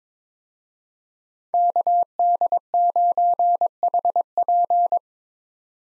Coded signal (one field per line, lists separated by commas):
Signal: Morse code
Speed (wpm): 22 wpm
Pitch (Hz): 700 Hz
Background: none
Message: KD9HP